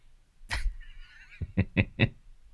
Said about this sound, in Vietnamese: Chưa tắt lại chim à?